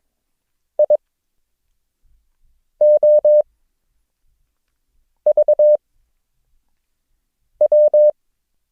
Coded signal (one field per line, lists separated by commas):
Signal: Morse code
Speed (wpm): 22 wpm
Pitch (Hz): 600 Hz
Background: none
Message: I O V W